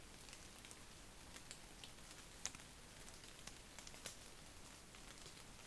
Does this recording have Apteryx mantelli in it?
no